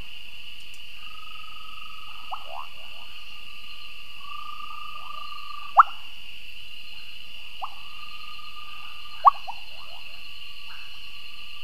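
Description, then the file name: Cochran's running frog calling with brief rising bloop notes, a handful scattered throughout, against constant shrill insect buzzing in the background. "Kassina cochranae"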